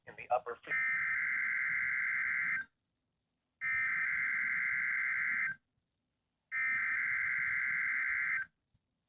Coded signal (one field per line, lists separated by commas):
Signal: Emergency Alert System (SAME) tones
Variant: header bursts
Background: speech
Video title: Required Weekly Test (EAS 445)